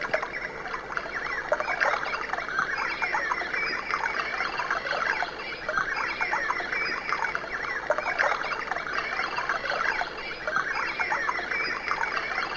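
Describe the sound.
Birds chattering as a crowd, a steady wash of quick chirps and twitters that rises and falls slightly, set against continuous hiss.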